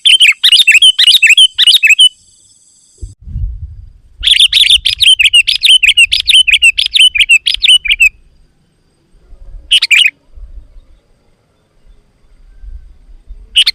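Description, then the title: Sooty-headed bulbul song: rapid bursts of sharp chirping notes of varying length, separated by pauses, with a low rumble in the gaps. "kutilang"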